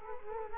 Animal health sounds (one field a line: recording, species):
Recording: mosquito wingbeat signal from an infrared sensor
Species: Culex quinquefasciatus